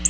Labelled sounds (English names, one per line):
Black-throated Blue Warbler flight call